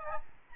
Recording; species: mosquito wingbeat signal from an infrared sensor; Aedes albopictus